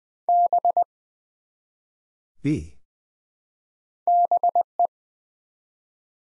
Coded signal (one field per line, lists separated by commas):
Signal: Morse code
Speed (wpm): 20 wpm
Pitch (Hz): 700 Hz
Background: none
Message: B BE